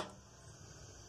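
While reassembling a weak Black & Decker electric sander, an internal part is held in place with a small wrench and pushed toward its seat in the housing. A brief broadband rustle at the start fades into a low, steady background hum with no distinct hits. Nothing has seated or clicked yet.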